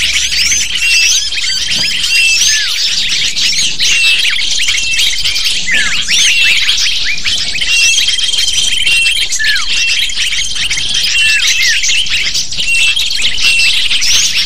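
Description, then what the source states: Lovebird flock calls, an unbroken wall of shrill chirps and squawks, with some longer thin whistled tones running through the chatter. Calls used to lure lovebirds.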